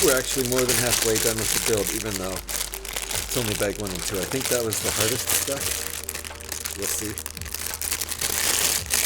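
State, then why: Seated. A plastic LEGO brick is pressed onto a 2012 Star Wars set 9493 X-Wing Starfighter model, new in box, while someone talks. Crinkling and small crunching snaps follow, and the brick pops into place at 8.9 s.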